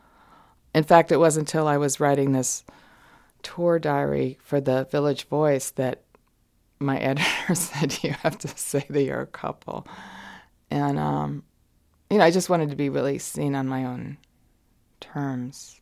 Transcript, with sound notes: In fact, it wasn't until I was writing this tour diary for the Village Voice that my editor said (laughter) you have to say that you're a couple. And, you know, I just wanted to be really seen on my own terms.